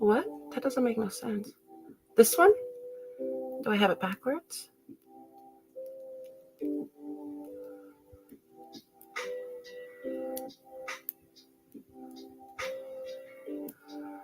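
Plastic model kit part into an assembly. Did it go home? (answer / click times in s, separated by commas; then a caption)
no / none. Someone talks over background music while pressing a plastic model-kit piece into place in an assembly after wondering if it is on backwards. Only faint handling taps are heard, and the piece fails to give the usual confirming click. Nothing has clicked into place yet.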